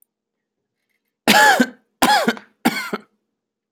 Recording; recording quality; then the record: shallow voluntary cough; excellent, no background noise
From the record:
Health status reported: healthy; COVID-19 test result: not tested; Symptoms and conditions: none ticked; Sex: male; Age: 31 years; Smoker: not ticked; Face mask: not worn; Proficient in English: yes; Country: United States